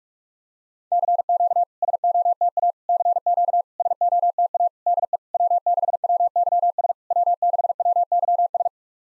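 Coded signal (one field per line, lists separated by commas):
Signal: Morse code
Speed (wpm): 48 wpm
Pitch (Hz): 700 Hz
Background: none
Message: CQ SOTA CQ SOTA DE W6WYS W6WYS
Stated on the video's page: SOTA exchange practice at 45 wpm, each exchange sent in Morse, then spoken, then sent again.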